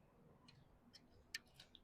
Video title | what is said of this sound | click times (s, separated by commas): कैसे होती है Metal Detector की professional training? - NDF / SNDF Day 42 | बराबर बाहर निकला। मतलब यह क्या है? अनलॉक है। | 1.3 s